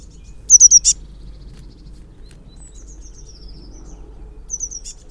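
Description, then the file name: Eurasian blue tit gives a loud burst of three high notes and a click, then a fainter descending thin note and a softer final burst. "Cyanistes caeruleus"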